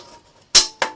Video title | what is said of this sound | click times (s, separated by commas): How to build a mountain bike - The Breakdown Begins - Part II | listen for the click | 0.8 s